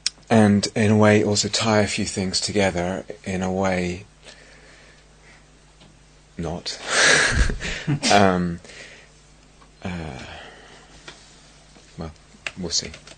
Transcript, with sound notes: and, in a way, also tie a few things together, in a way... not. [laughs] Well, we'll see.